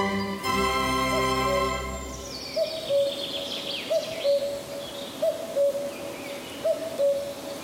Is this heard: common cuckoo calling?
yes